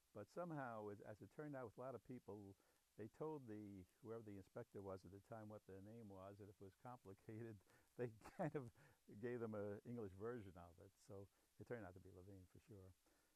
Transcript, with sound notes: But somehow, as — as it turned out, a lot of people — they told the — whoever the inspector was at the time what their name was, that it was complicated. They kind of [chuckles] gave them a English version of it, so it turned out to be Levine for sure.